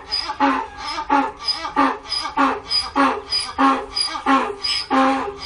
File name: Donkey Bray